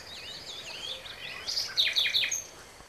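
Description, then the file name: Common nightingale song: wavering, looping whistles, then a quick run of sharp, descending slurred notes that grow louder, then fade at the end. "Luscinia megarhynchos"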